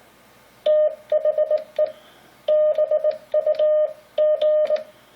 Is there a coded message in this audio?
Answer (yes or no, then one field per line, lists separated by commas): yes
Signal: Morse code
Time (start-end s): 0.7-4.8 s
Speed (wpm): 18 wpm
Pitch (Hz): 610 Hz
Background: none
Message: THE BUG